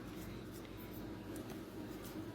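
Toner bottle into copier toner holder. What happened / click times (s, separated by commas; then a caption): The toner bottle is only being lined up, not yet seated / none. A technician lines up a refilled toner bottle with the thread of the toner holder on an ira4251 copier before pushing it in. Only a steady low background hum and faint soft handling noises are heard over 2.4 seconds. Nothing has seated or clicked yet.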